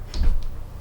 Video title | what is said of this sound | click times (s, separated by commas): My FIRST 3D Printer!! Creality Ender 3 S1 - Works SOOO Good For A Noob! | and then I guess this just snaps in place up here | 0.1 s